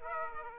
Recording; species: mosquito wingbeat signal from an infrared sensor; Aedes aegypti